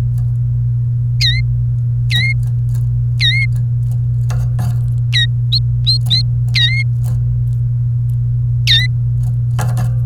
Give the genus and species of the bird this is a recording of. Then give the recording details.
Serinus canaria. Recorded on 28 April 2018 at 15:26. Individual llb3